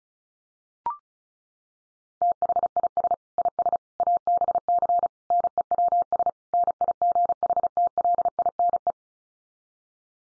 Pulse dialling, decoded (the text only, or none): none